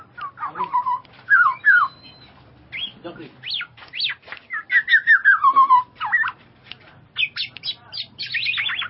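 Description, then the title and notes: Bird song of varied whistled slurs, some falling, some rising, mixed with short chirps and a descending run of notes. "Bird Sound. Kicau Burung Lengkap"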